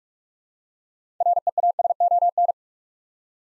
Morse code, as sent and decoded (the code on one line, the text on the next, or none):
.-. . .- ... --- -.
REASON